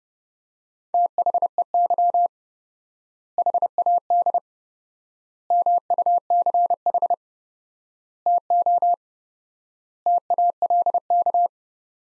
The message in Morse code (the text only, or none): THEY HAD MUCH TO TALK